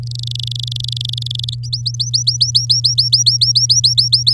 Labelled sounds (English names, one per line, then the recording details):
Domestic Canary song
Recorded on 10 May 2018 at 14:13
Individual llb16